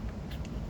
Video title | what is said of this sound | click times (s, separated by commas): Sar9 vs. Sar CM9 Gen 2 pistol comparison | It won't lock on. Like it just doesn't go back far enough. It hits the trigger guard. | none